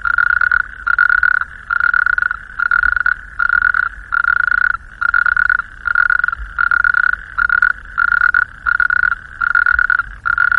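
Natterjack toad calling: loud rattling trills about half a second long, repeated a little more than once a second, steady and even.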